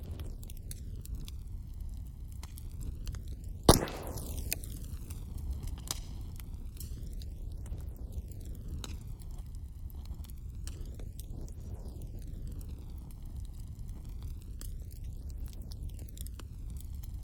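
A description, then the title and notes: A bonfire burns with a steady low roar, scattered with small crackles and one loud, sharp pop near four seconds. The high end swirls and sweeps in repeating arcs, as if the sound keeps circling around the listener. 8D Bonfire.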